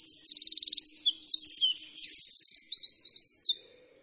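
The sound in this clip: Bird calls, high-pitched and rapid: buzzy trilled runs and sharp chirps in quick succession, ending after about three and a half seconds.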